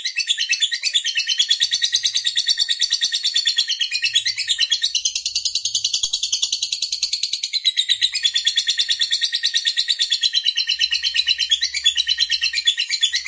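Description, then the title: Lovebird chattering song, a long, steady torrent of high, rasping twitters with rapid pulses. Lovebird of fighter type, singing energetically (gacor). "Berkat SUARA Lovebird FIGHTER GACOR Ini"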